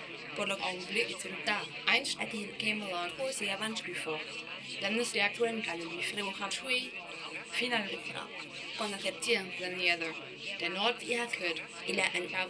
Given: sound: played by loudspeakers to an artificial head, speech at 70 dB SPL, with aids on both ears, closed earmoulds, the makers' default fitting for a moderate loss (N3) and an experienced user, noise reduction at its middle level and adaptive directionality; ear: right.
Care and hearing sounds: speech test signal (ISTS) in cocktail-party noise; +6 dB; in front (0 degrees)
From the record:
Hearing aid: class 2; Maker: C

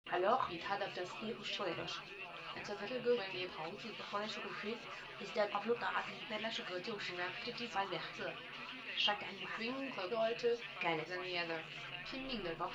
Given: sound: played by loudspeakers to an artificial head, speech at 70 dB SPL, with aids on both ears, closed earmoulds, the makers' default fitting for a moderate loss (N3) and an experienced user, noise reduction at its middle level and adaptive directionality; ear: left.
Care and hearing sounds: speech test signal (ISTS) in cocktail-party noise; +9 dB; on the right (90 degrees)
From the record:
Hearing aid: class 1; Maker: F

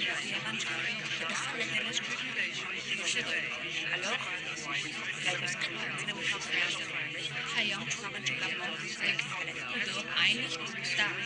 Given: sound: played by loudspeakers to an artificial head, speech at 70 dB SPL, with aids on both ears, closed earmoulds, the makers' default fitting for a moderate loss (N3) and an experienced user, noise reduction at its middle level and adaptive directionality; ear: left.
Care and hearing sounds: speech test signal (ISTS) in cocktail-party noise; -6 dB; in front (0 degrees)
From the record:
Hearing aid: class 2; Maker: G

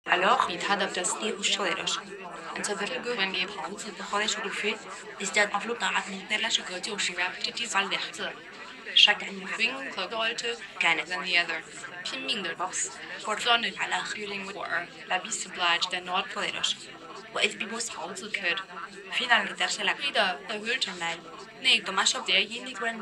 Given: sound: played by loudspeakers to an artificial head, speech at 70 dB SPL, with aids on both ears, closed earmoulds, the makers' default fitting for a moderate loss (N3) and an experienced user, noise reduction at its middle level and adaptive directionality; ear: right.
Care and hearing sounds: speech test signal (ISTS) in cocktail-party noise; +3 dB; in front (0 degrees)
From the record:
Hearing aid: class 2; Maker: E

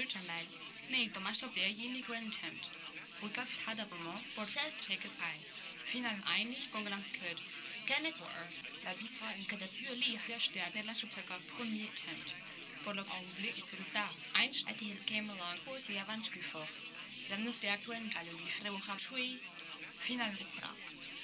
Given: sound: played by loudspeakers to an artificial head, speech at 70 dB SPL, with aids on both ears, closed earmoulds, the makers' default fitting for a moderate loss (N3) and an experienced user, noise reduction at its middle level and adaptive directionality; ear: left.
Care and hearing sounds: speech test signal (ISTS) in cocktail-party noise; +9 dB; in front (0 degrees)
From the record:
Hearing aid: class 1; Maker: D

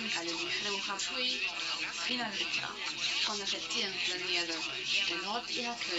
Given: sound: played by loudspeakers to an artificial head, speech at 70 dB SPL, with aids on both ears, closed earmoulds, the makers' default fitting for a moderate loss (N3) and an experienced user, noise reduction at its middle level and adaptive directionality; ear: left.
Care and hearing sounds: speech test signal (ISTS) in cocktail-party noise; +6 dB; on the right (90 degrees)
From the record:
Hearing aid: class 1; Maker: A

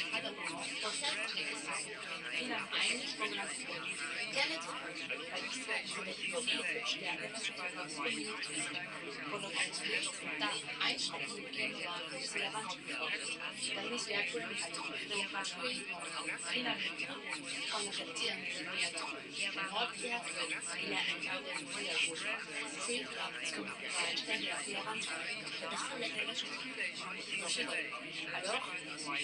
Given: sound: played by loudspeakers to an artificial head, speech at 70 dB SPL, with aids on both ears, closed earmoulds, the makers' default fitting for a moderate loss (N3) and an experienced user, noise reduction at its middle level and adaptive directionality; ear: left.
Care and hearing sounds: speech test signal (ISTS) in cocktail-party noise; -3 dB; on the right (90 degrees)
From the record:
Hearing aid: class 2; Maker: I

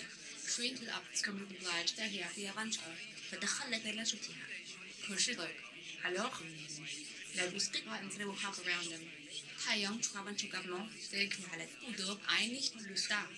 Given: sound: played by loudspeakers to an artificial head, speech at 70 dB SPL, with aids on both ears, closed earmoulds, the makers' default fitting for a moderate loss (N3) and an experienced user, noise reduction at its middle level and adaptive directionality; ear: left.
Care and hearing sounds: speech test signal (ISTS) in cocktail-party noise; +9 dB; on the right (90 degrees)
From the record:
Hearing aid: class 1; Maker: J

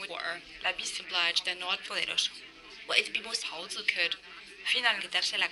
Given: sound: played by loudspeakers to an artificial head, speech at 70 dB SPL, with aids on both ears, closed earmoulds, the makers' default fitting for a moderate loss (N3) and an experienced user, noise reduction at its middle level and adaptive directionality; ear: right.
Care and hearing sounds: speech test signal (ISTS) in cocktail-party noise; +6 dB; in front (0 degrees)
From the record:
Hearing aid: class 2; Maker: B

